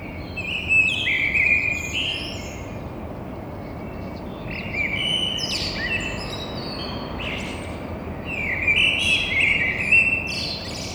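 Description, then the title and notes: Eurasian blackbird pouring out several fluty, slurred phrases with squeaky high-pitched endings, a short gap in the middle, over continuous low background hum. Courtyard in Toulouse, Grand Rond, between two windows, at 6:30 on Thursday 9 April. "Merle noir côté cour. Stéphane Marin"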